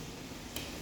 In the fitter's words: quando ele tiver encaixado tá que acho que não deu para vocês escutarem mas ele vai fazer um clique aqui e